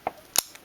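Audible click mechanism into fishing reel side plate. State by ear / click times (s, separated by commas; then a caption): seated / 0.4 s. A small plastic and metal audible click mechanism is pushed back into its seat in the side plate of a Quantum Smoke 150 baitcast reel during a Boca bearing upgrade, after being nudged with a screwdriver. A bright tick at 0.1 s is followed by a loud, sharp snap at 0.4 s and a faint tick at 0.6 s. The click part snaps back in and seats at 0.4 s.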